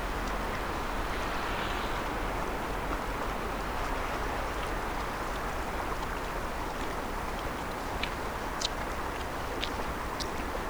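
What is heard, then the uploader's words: Along the Ottawa River, a steady, dense wash of water and wind fills the scene, with a constant low rumble underneath, like a boat engine. A few faint, sharp ticks and splashes stand out near the end. The Ottawa River (in French : Rivière des Outaouais, in Algonquin: Kichisìpi or Great River) divides the provinces of Ontario and Québec. This recording was made upstream of downtown Ottawa before the Chaudière Falls. The current is strong.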